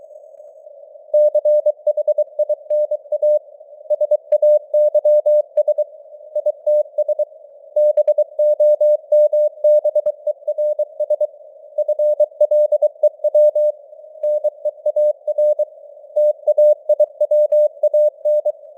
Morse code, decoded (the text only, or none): CHINA SAYS ITS BOMBERS FLEW NEAR TAIWAN